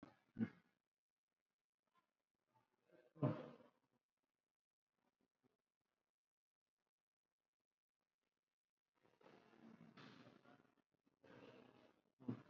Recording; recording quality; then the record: shallow breathing; moderate, slight background noise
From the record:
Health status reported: COVID-19 positive, mild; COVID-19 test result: positive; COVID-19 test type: RT-PCR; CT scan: not taken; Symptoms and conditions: diabetes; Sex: male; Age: 29 years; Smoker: no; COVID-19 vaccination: none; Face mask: not worn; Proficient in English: yes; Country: India